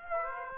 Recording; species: mosquito wingbeat signal from an infrared sensor; Aedes aegypti